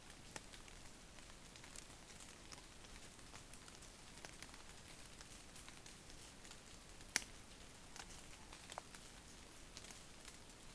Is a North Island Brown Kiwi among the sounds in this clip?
no